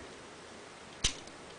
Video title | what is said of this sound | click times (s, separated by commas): Transformers Fall of Cybertron Optimus Prime Review | There, that one did. That's how it actually clicked for me. | 1.1 s